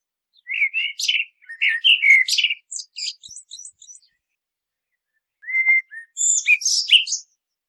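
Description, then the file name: Common blackbird song, quick warbling notes sliding into a high scratchy twitter, then silence before a brief whistle and another high chattering phrase. "Turdus merula"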